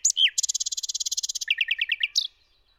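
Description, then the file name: Common nightingale song phrase: a high whistle and down-slurred note, a long rapid rattle of repeated notes, then a slower series of liquid notes and a final sharp call. "Rossignol philomele"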